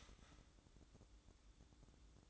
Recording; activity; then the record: daily activity, microphone in the room; start toaster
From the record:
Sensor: 3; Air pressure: 1007.2 hPa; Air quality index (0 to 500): 55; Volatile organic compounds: 1 ppm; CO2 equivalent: 595 ppm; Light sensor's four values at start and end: 8/18/7/7 and 8/18/7/7